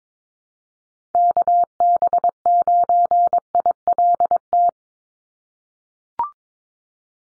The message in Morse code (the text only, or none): KB9ILT